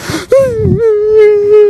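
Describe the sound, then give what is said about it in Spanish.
A voice mockingly imitates whimpering crying: a short breathy gasp, then a single sustained, high, wavering wail that holds steady and loud for over a second. “Extiéndele tu mano a Dios. Y empieza a chillar.”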